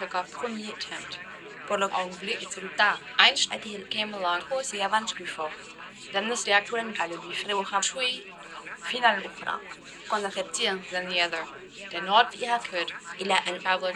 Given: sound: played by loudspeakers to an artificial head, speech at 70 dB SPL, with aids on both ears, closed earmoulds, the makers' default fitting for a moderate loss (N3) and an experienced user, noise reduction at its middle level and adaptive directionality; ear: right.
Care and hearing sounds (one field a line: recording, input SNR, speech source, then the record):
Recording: speech test signal (ISTS) in cocktail-party noise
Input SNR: +3 dB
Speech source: on the right (90 degrees)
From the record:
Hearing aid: class 2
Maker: E